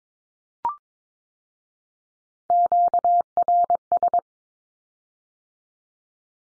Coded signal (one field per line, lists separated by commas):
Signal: Morse code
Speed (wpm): 22 wpm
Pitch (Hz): 700 Hz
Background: none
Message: QRS